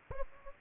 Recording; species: mosquito wingbeat signal from an infrared sensor; Aedes aegypti